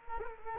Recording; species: mosquito wingbeat signal from an infrared sensor; Culex quinquefasciatus